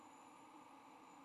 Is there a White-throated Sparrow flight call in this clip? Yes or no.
no